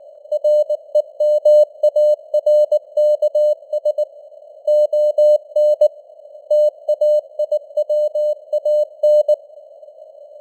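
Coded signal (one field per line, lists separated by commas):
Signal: Morse code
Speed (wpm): 19 wpm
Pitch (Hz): 600 Hz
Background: none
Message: REMARKS ON TAIWAN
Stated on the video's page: Morse news headlines at 19 wpm with simulated radio noise and varying signal strength (QSB).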